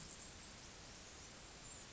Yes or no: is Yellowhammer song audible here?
no